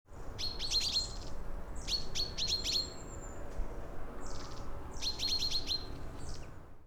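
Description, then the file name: Common chaffinch, three short bursts of sharp, clipped high notes at uneven intervals, over a steady low background hum. "Fringilla coelebs"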